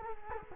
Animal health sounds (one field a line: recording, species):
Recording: mosquito wingbeat signal from an infrared sensor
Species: Culex quinquefasciatus